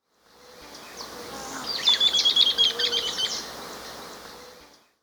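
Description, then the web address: Sooty-crowned flycatcher calling in a rapid run of clipped, high-pitched notes that fade, with constant background hiss. Recorded in Ecuador. "Natures Songs S America Birds of Ecuador. Sooty-Crowned Flycatcher"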